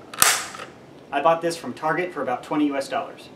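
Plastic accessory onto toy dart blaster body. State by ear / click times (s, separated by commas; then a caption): seated / 0.1 s, 0.2 s. A plastic accessory is pushed onto the plastic body of a Nerf Star Wars Stormtrooper toy dart blaster, a front-loading spring blaster. Two sharp clicks at 0.1 s and 0.2 s mark it clicking into place and seating. Someone then talks.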